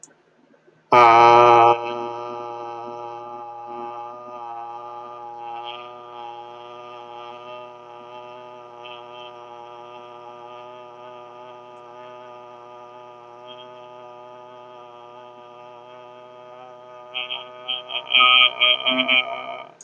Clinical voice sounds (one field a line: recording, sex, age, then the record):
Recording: vowel held as long as possible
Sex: male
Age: 50 to 59 years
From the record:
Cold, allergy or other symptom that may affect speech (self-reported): no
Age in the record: 52 years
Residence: Colorado, United States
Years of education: 14